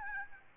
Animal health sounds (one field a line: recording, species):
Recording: mosquito wingbeat signal from an infrared sensor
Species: Aedes albopictus